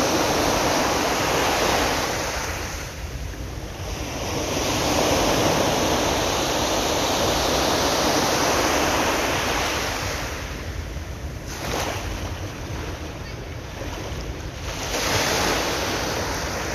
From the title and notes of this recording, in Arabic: صوت أمواج البحر. Seaside sounds.